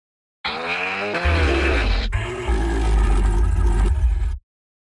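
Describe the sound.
Lion roar: a deep, rough, rumbling sound about four seconds long that stops abruptly.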